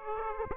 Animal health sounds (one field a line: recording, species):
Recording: mosquito wingbeat signal from an infrared sensor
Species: Aedes aegypti